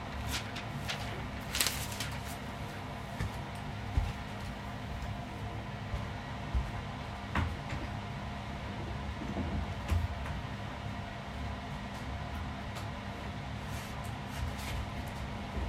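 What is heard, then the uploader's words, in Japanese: Cleaning and tidying up, over a steady low rumble that runs the whole time. Scattered knocks and light clatters land every few seconds, with a brighter scrape or rustle around the second mark and a sharp bump near seven seconds. 掃除と片付け。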